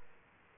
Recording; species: mosquito wingbeat signal from an infrared sensor; Aedes aegypti